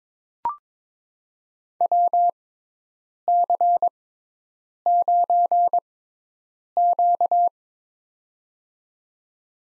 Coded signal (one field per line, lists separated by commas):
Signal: Morse code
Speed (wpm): 22 wpm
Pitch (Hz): 700 Hz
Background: none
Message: WC9Q